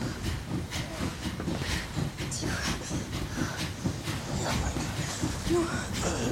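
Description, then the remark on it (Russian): The wheels of a steam locomotive roll over the rails in a steady, rhythmic low rumble and clatter, with a thin hiss running above it throughout. “Колеса поезда вращаются.”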